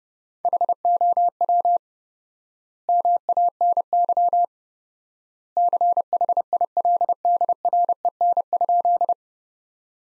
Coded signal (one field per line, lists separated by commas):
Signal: Morse code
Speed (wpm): 32 wpm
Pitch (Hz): 700 Hz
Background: none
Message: HOW MANY CHILDREN?